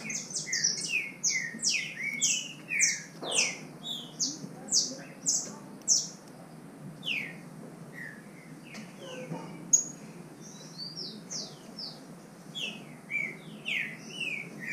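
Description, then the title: Green-winged saltator singing: many quick falling whistled notes in clustered phrases with short pauses, high and low notes interleaved, faint background noise. Wild bird in the woods, nicknamed Nicão, singing in contest with another free-living bird. "Trinca Ferro NICÃ O No Mato Disputando Com Solto"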